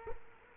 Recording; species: mosquito wingbeat signal from an infrared sensor; Culex quinquefasciatus